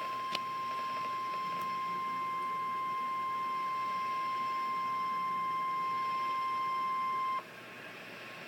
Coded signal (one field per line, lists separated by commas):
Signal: Emergency Alert System (SAME) tones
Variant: 1050 Hz attention tone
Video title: REAL EAS 1128-SVR